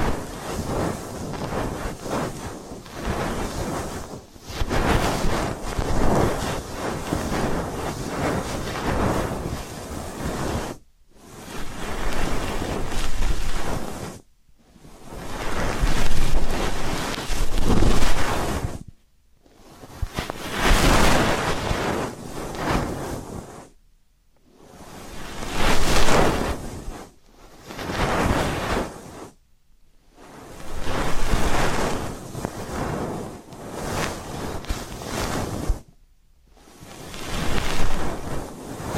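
Ear canal cleaning sounds come as dense, rushing scrapes in swelling bursts of a few seconds each, separated by brief silent pauses.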